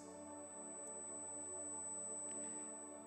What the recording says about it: Unwanted guest that is called tinnitus. It's 24/7 ringing in my head after my hearing comes back.